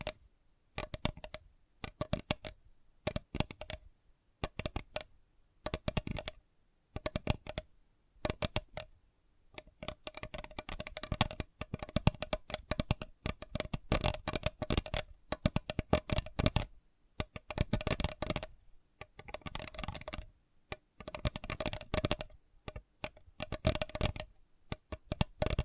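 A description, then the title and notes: Sensitive tapping in quick, crisp bursts, with brief silences between groups during the first ten seconds. From about ten to nineteen seconds the taps come fast and nearly continuous, then thin out again into scattered clusters. A faint steady midrange ring sits under the louder stretches. ASMR Sensitive Tapping (No Talking).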